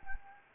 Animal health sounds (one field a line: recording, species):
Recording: mosquito wingbeat signal from an infrared sensor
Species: Anopheles gambiae